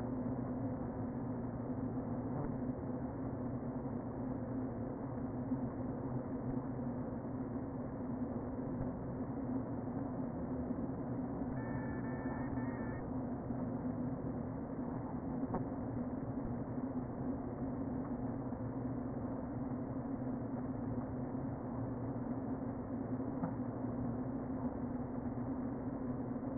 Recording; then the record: honeybee colony, microphone inside the hive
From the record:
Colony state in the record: queen present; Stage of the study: before two queens were removed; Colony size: about 60,000 bees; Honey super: yes